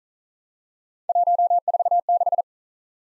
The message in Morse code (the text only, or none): 146